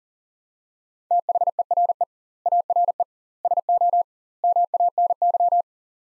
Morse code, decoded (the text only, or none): THERE ARE SO MANY